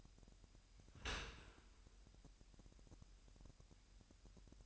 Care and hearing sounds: daily activity, microphone in the room; open dishwasher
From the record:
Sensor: 2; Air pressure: 998.2 hPa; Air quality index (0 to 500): 148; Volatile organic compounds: 4 ppm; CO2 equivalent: 1671 ppm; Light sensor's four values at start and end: 10/30/12/11 and 10/30/12/11

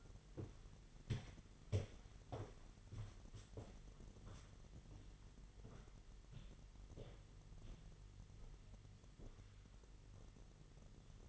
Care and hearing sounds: daily activity, microphone in the room; walk to room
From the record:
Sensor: 4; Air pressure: 989.0 hPa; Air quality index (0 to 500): 206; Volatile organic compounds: 53 ppm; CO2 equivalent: 3336 ppm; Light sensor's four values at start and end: 28/97/36/38 and 29/98/36/38

